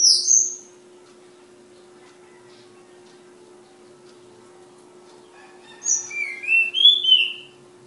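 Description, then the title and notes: Flowerpecker song: high sharp whistled notes at the start, a long quiet gap, then a run of piercing whistles, all over a steady hum. Flowerpecker called Ababil, from Kudus; song style called sulingan. "Tledekan/Sulingan ABABIL. Suara Burung Tledekan Ababil dari Kudus"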